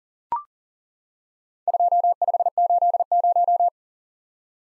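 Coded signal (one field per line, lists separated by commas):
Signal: Morse code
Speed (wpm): 42 wpm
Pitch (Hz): 700 Hz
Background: none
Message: 2580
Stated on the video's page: Head-copy drill of random four-character letter-number groups at 40 wpm; each group sent, spoken, then sent again.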